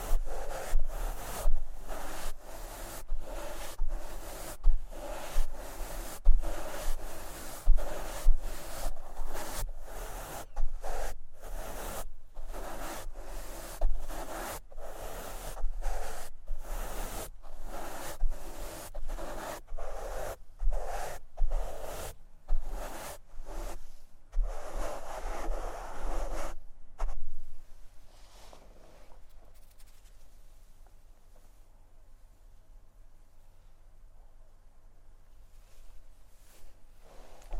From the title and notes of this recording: ASMR Microphone Scratching and Brushing (No Talking).